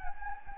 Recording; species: mosquito wingbeat signal from an infrared sensor; Anopheles gambiae